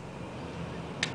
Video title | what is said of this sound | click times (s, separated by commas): Tool Time With Chaz | you can feel it click and then you have to roll it around in that case it came out the first time | 1.0 s